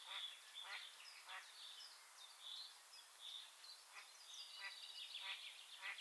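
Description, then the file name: Great tit calls: short downward strokes and clear high notes, repeated irregularly over a steady hiss. "Parus major"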